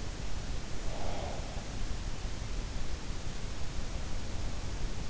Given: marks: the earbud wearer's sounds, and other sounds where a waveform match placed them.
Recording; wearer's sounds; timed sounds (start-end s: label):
sounds in sleep by an in-ear microphone; breath
0.49-1.92 s: breath